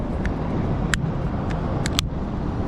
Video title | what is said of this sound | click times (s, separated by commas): Toyota key fob battery replacement | you're going to hear those snaps | 0.9 s, 1.9 s, 2.0 s